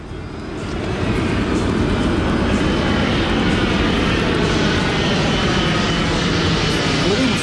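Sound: airplane flying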